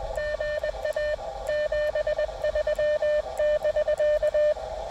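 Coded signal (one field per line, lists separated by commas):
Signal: Morse code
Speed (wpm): 20 wpm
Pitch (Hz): 1800 Hz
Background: radio noise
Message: GA 73<BK>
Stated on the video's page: Portable Parks on the Air activation using a wire antenna lifted and deployed by a drone.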